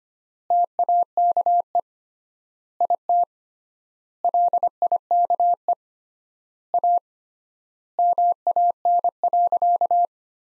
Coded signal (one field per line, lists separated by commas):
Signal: Morse code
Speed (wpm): 25 wpm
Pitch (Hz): 700 Hz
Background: none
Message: TAKE IT LIKE A MAN.